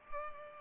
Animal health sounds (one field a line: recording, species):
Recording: mosquito wingbeat signal from an infrared sensor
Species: Culex pipiens